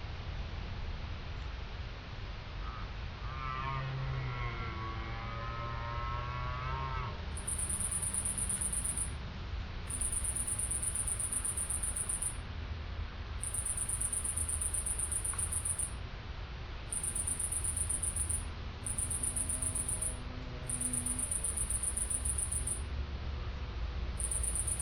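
Red deer soundscape with a steady low rumble throughout. A drawn-out, wavering deer call rises and falls from about 3 to 7 seconds, and a fainter one follows near 20 seconds. From about 7 seconds, high insect-like buzzing repeats in bursts of a few seconds.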